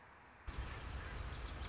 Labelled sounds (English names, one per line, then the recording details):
Anna's Hummingbird
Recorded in Sonoma County, California